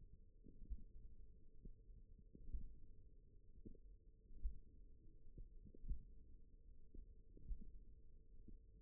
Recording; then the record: forearm muscle sounds (acoustic myography)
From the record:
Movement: hook grip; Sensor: system 1, eight BSWA MPA416 microphones around the upper forearm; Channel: 4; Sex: female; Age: 20 years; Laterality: right